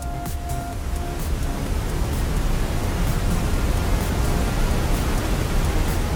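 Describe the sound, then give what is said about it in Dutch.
A steady wash of white noise blended with a deep, rumbling ocean-wave roar, loud and unbroken for the whole stretch, with no voices. “Golven en witte ruis. Dat zijn geluiden die je op kunt zetten om je baby bijvoorbeeld beter te laten slapen.”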